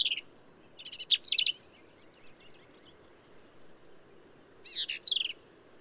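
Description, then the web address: Black-capped vireo song: quick, scratchy, jumbled high phrases, a short burst at the start, a longer run after a second, and another phrase near the end. "birdsongforthecurious Black-capped Vireo"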